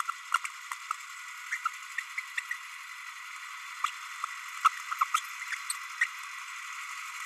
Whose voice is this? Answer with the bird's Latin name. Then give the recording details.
Forpus passerinus. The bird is a male. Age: 30 days. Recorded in a nest box in Venezuela. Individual 17B32A6